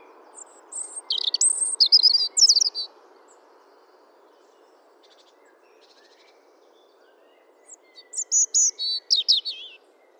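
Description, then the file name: European robin delivering two separate song phrases of high sweet whistles and rapid trills, divided by several seconds of quiet with a soft background hum. "Erithacus rubecula"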